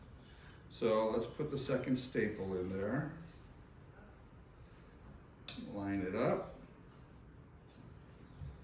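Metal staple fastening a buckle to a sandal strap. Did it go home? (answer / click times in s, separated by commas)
no / none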